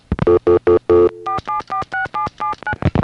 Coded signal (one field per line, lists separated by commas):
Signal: DTMF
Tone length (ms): 130 ms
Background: music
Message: 4746779